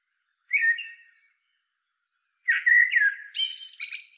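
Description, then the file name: Eurasian blackbird singing: a short mellow fluted note, a pause, then a longer warbled phrase finishing in a shrill, squeaky flourish. "Turdus merula"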